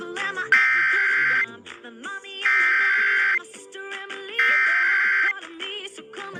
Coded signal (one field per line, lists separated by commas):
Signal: Emergency Alert System (SAME) tones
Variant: header bursts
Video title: EAS Alert #4 (KLCS-dt2) - Required Weekly Test